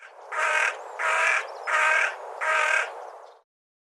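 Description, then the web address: Bird giving four harsh, raspy caws in steady succession, each lasting about half a second with short gaps, then silence. "cianscape birddata Deverinetal 2025 File cleaned normalized Bird"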